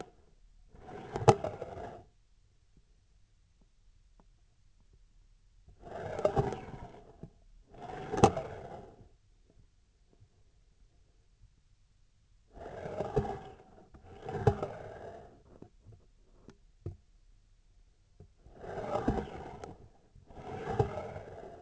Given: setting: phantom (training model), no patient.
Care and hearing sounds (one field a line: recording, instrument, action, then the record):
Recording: laparoscopic instrument, vibration sensor on the handle end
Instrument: scissors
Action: approaching and retracting movements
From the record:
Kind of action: spatial motion